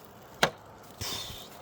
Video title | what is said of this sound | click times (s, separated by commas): 2014 to 2019 Kia Soul tail light bulb replacement and entire tail light replacement. | Turn that clockwise to click it into place. | 0.4 s